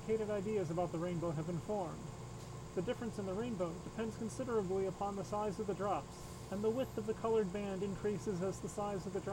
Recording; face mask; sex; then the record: reading aloud; surgical mask; male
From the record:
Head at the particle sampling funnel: turned sideways, cheek in front of it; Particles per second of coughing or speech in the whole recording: 0.0482